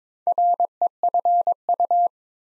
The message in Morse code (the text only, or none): REFU